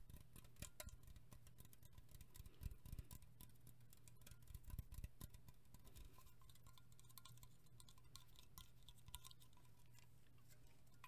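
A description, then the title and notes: Liquid shaking inside a container, heard as a dense run of quick sloshes and clicks that crowd the first five seconds, then thin out. A steady low hum runs underneath throughout, with brighter splashy ticks scattered over it. ASMR Liquid Shaking Heaven.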